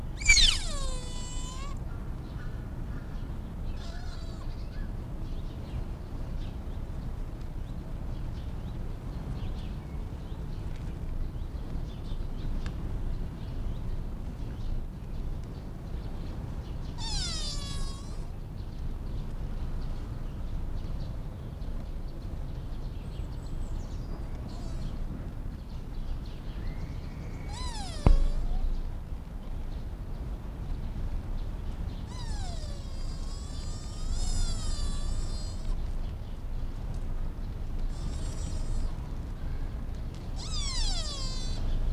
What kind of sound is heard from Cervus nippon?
call